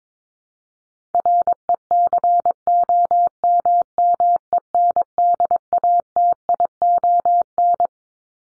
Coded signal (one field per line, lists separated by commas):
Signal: Morse code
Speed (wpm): 22 wpm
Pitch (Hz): 700 Hz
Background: none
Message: RECOMMENDATION